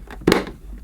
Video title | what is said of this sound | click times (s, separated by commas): Thomas Aqua Plus Upholstery, Spill Pick Up & Stair Cleaning Demonstration | click it at the front | 0.3 s